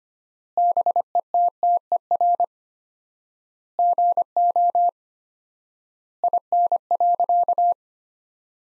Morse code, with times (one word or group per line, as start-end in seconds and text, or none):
0.6-2.4 BETTER
3.8-4.9 GO
6.2-7.7 IN.